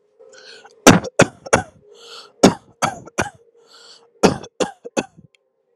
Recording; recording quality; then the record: shallow voluntary cough; excellent, no background noise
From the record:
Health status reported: healthy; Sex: male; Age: 25 years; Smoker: yes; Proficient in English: yes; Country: India